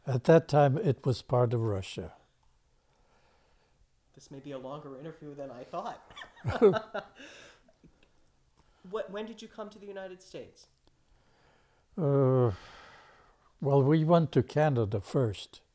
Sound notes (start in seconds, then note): 6.0 laughs; 12.0 sighs